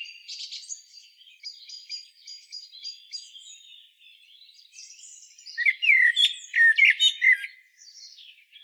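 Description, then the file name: Common blackbird with a series of quick, stuttered high chirps, then a louder burst of sharp, rising and falling notes near the end. "Turdus merula"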